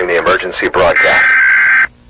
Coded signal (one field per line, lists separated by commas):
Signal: Emergency Alert System (SAME) tones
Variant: header bursts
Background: speech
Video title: EAS Project PLAYER {gorilla} (GORILLA TAG EAS ALARM NOT STOLEN)